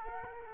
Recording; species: mosquito wingbeat signal from an infrared sensor; Culex quinquefasciatus